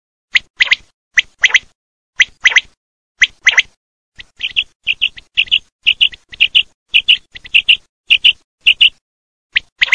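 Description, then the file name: Common quail calling, sharp clipped notes in quick groups, first broader double notes, then a steady run of liquid three-note phrases, clean background. "QUAGLIA"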